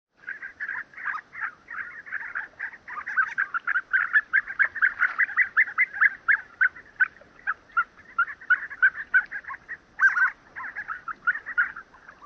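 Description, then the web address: Harlequin duck calling, a long rapid series of short nasal squeaky notes, almost continuous, with a louder burst near the end. "shinorigamo"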